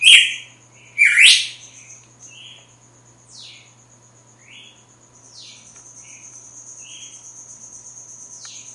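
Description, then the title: Red-cowled cardinal song: two loud whistled slurs at the start, then fainter short whistled notes spaced through the rest, with a constant high tone behind. Female; sings strongly at dawn after moult. "Canto Galo Campina Fêmea. GALO DE CAMPINA AÇOITA FORTE NA MADRUGADA DEPOIS DA MUDA"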